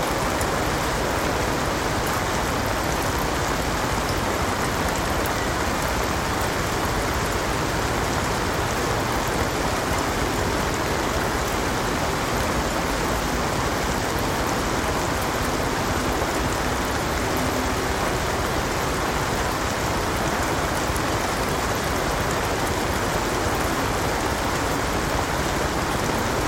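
Gentle summer rain patters onto a water surface in a steady, dense hiss that stays even for the whole half minute. Countless small drops blend into a soft continuous wash, with a faint low rumble of city life underneath.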